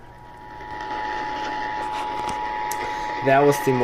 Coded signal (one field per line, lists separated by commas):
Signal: Emergency Alert System (SAME) tones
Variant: 853 and 960 Hz attention tone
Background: speech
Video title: This is CBS news on the hour... (Louisiana's RMT on WWL 870AM) | EAS #1489